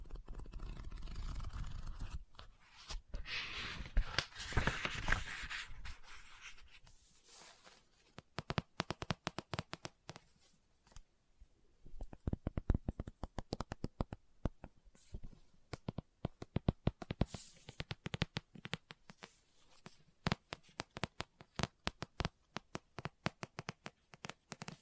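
A book is handled with rustling page turns in the first seconds, then rapid, irregular tapping and scratching clicks run densely to the end.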